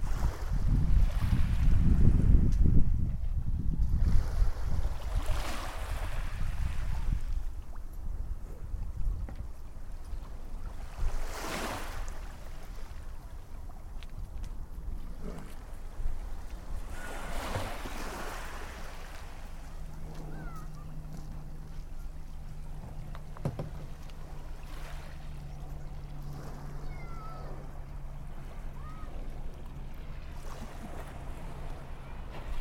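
Waves wash in at the shoreline, opening with a heavy, rumbling surge in the first few seconds, then softer hissing breakers around 5, 11 and 17 seconds. Later the water grows calmer, and a steady low drone, like a boat engine, hums beneath it.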